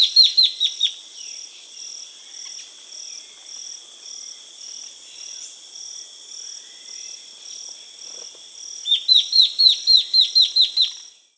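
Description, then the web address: Dot-winged antwren song: a quick run of sharp, downslurred chips at the start and a longer run of about ten near the end, over a steady high insect drone. Amazon region of Peru. "Birds of the Amazon 2. Dot-winged Antwren (Microrhopias quixensis), Peru"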